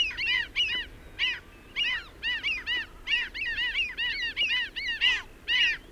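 Bird calling with repeated raspy, arched notes in short uneven clusters, continuing steadily.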